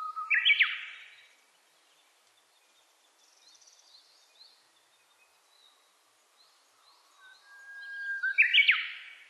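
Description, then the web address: Japanese bush warbler singing twice, each phrase a whistled lead-in followed by an explosive flourish, with faint high chirps from other birds in the quiet gap. Recorded on 29 April 2001. "2001 010429 uguisu"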